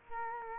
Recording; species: mosquito wingbeat signal from an infrared sensor; Culex quinquefasciatus